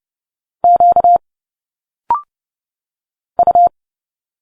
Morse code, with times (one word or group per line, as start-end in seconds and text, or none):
0.6-1.2 Q
3.4-3.7 U